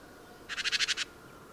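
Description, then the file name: Great tit call, a quick harsh buzzy burst of about seven rasping notes lasting half a second, then quiet with faint background hum. "Parus major"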